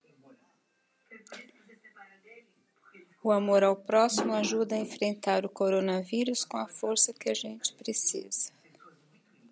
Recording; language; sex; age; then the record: spoken sentence; Brazilian Portuguese; female; 60 to 69 years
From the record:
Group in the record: control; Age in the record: 63 years